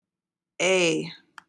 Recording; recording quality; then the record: sustained vowel as in made; excellent, no background noise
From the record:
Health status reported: healthy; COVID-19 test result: negative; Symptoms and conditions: none ticked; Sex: female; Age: 26 years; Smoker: not ticked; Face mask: not worn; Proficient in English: yes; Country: United States